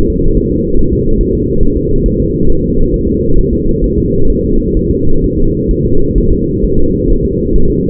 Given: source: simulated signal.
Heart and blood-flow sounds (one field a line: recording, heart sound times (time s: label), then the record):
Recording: fetal heart sounds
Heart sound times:
0.10 s: S2
0.37 s: S1
0.52 s: S2
0.79 s: S1
0.93 s: S2
1.21 s: S1
1.35 s: S2
1.63 s: S1
1.77 s: S2
2.06 s: S1
2.20 s: S2
2.50 s: S1
2.64 s: S2
2.94 s: S1
3.08 s: S2
3.39 s: S1
3.53 s: S2
3.84 s: S1
3.98 s: S2
4.30 s: S1
4.44 s: S2
4.77 s: S1
4.91 s: S2
5.24 s: S1
5.38 s: S2
5.71 s: S1
5.86 s: S2
6.18 s: S1
6.32 s: S2
6.64 s: S1
6.79 s: S2
7.10 s: S1
7.25 s: S2
7.56 s: S1
7.70 s: S2
From the record:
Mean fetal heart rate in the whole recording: 135 bpm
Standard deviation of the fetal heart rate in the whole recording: 3 bpm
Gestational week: 36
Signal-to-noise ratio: -19.1 dB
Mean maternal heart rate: 72 bpm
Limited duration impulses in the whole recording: present